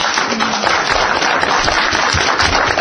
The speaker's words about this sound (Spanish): ahora ya estás aplaudiendo tú.